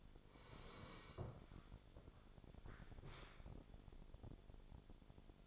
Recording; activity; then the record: daily activity, microphone in the room; sit down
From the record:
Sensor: 5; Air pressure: 1000.6 hPa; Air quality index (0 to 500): 146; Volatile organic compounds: 2 ppm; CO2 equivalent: 1134 ppm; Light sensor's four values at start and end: 46/108/45/47 and 46/108/45/47